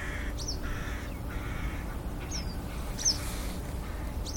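Western yellow wagtail giving a few thin, high, falling chirps at irregular intervals, softer lower notes in between, over constant low-pitched background rumble.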